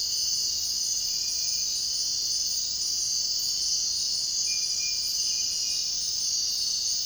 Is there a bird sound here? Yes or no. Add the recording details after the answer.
no. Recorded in dense forest near Puerto Asís, Putumayo, Colombia, on 22 June 2025 at 02:30. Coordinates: 0.499, -76.324. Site G100